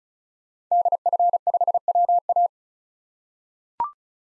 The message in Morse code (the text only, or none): DF5WA